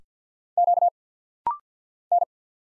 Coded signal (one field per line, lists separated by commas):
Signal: Morse code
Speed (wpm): 48 wpm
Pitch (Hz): 700 Hz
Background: none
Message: Q N